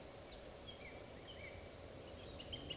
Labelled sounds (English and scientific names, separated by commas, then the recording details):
Eurasian Woodcock (Scolopax rusticola) whistle
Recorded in Baden-Württemberg, Germany, on 11 June 2020 at 19:56 UTC
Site 41501, 195 m above sea level